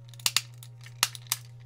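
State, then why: Seated. A rotating body part of a die-cast/plastic Transformers Titanium figure is turned around, tucked up and pushed home into its slot during a transformation. A few sharp plastic clicks and ticks are heard over a steady low hum. The loudest, at 1.0 s, is the part snapping into place, seated.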